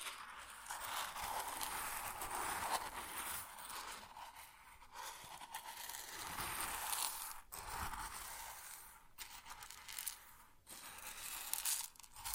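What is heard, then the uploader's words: Grain pours and rustles in a dense, hissing stream, bright and gritty, with brief dips near seconds five, seven-and-a-half, nine and ten-and-a-half. ASMR Grain Sounds (No Talking).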